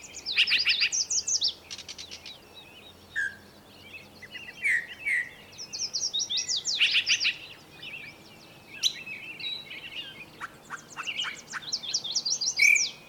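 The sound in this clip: Bird song with dense twittering, short whistles and scattered sharp chips throughout.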